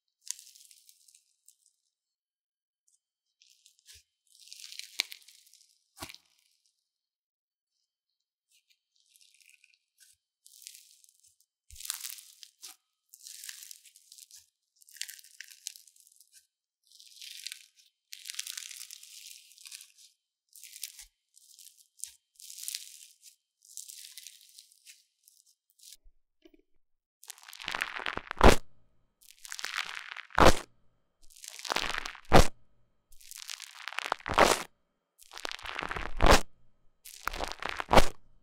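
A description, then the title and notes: Crunchy slime being squeezed, soft bright crackles for the first half, then louder snapping crunches in quick repeated bursts after about 27 seconds. 療癒滿滿的史萊姆聲音. Satisfying Crunchy Slime Sounds | No Talking.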